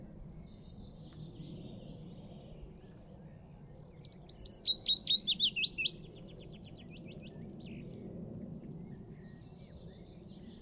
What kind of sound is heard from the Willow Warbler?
song